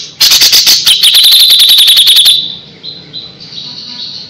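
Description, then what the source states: Grey-cheeked bulbul song: one quick two-second burst of sharp, rapidly repeated high notes, fading into a few soft whistles. Masteran song used to train other birds.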